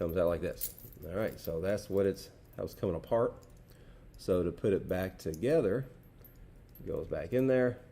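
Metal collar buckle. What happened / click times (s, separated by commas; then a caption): The metal buckle is being handled but has not snapped shut yet / none. A Herm Sprenger ClicLock stainless steel quick-release buckle on a prong dog training collar is handled and pushed back together, with light metallic jangling while someone talks. The buckle has not yet snapped shut, and nothing has seated or clicked by the end of the clip.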